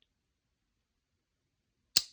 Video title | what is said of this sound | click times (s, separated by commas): Slip-Joint Slap-Down: Rough Ryder vs. Cold Steel | And again, it snaps closed very nicely. | 2.0 s